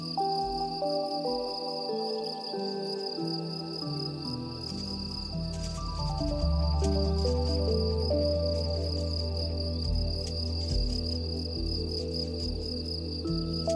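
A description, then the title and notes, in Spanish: Soft, slow music with sustained low tones and gentle melodic notes plays over a constant high insect chirring, the bass swelling after six seconds. Ambiente Tranquilo de MONTAÑA con MÚSICA Suave. Los sonidos apacibles de la montaña acompañados de música suave y relajante.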